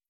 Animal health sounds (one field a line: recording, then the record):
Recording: hydrophone in a shrimp aquaculture tank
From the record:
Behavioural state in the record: feeding